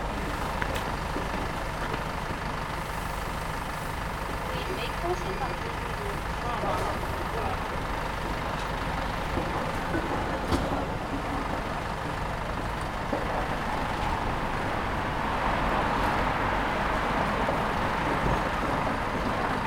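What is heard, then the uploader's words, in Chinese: Street sound while waiting for someone at Peking University's south gate. A steady, dense wash of traffic rumble runs throughout, with trucks or buses passing, and indistinct voices murmuring underneath. It swells slightly louder in the last few seconds. 仿佛在北大南门等人｜城市声音。气温在1度左右。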